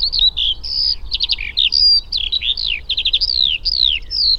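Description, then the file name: Eurasian skylark giving quick high slurred whistles, rapid rattled bursts and looping glides, one after another without a break. "alauda arvensis"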